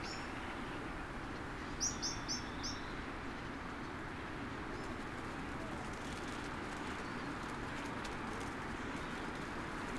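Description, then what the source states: Common starlings calling as a flock, a steady dense wash of chatter with a short burst of sharp, high chirps near the two-second mark. About 10,000 starlings arriving at their roost.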